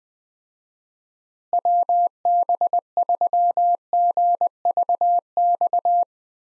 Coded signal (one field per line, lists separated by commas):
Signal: Morse code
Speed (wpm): 20 wpm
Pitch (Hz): 700 Hz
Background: none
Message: WB3GVX